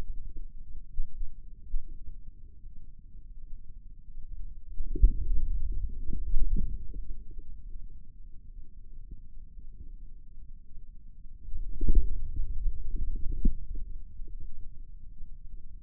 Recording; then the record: forearm muscle sounds (acoustic myography)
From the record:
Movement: inward rotation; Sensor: system 2, bracelet of six BSWA MPA416 microphones around the upper forearm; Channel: 2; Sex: male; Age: 22 years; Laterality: right